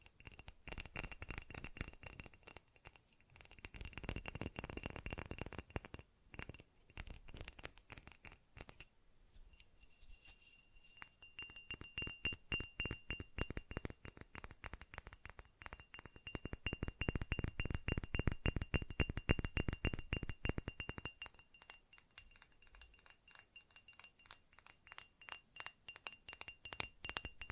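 Fast ASMR tapping, dense rapid clicks with a glassy clinking ring, swelling louder around 4–6 and 16–21 seconds, then thinning out.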